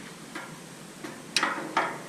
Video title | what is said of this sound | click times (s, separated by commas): Epic Detour Part-5 | They clip in properly, | 1.4 s